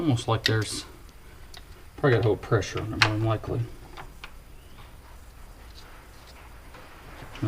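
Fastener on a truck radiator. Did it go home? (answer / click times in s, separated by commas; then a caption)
no / 4.2 s. A fastener on the busted radiator being replaced in an Isuzu chipper truck is turned while someone talks. A single sharp snap is heard at 4.2 s, and the fastener strips.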